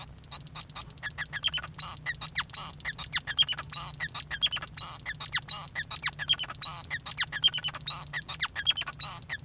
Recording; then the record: song of a male Bengalese finch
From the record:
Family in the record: son of father 5